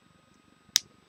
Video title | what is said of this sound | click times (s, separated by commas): The Good the bad N the Ugly 3 Element Gusto Pods | them down until you hear the click pull | 0.8 s